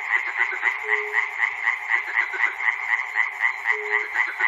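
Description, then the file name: Frogs calling in a dense chorus, pulsed croaks repeating about four times a second, with a brief low steady tone sounding twice. Recorded at Chernobyl. "peter cusack-chernobyl frogs"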